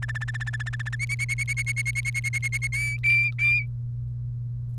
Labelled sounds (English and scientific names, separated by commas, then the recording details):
Domestic Canary (Serinus canaria) song
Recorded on 1 May 2018 at 11:02
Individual llb3